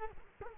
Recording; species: mosquito wingbeat signal from an infrared sensor; Culex quinquefasciatus